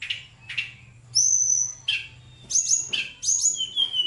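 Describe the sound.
Bird giving a few soft notes, then clear high whistles and quick chirps in short phrases.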